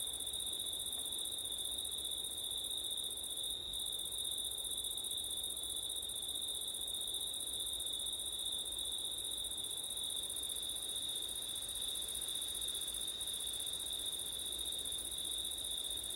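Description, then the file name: Crickets trilling in a steady, unbroken high chorus with a second shrill band above, continuing without pause throughout. Crickets at night in September, with wind; ORTF microphone setup. "crickets wind september night ortif"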